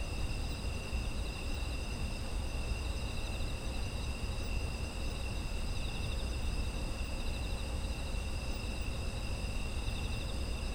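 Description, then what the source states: Insect chorus with sustained high trills at several pitches and faint pulsed chirring throughout, against a steady low-frequency rumble. Autumn insect ambience.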